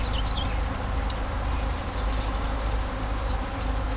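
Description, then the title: Continuous low bee buzzing under a dull rumbling background, with a few brief bird chirps near the start. Bees buzzing among grapevines at Kallstadt, Germany, in rural countryside, with birds singing and road traffic noise also present. "In Kallstadt summen die Bienen"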